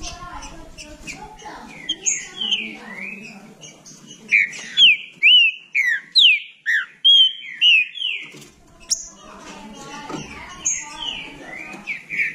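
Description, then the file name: Green-winged saltator giving a steady series of loud, sharply slurred whistles in quick succession, framed by softer notes before and after. "canto do trinca ferro"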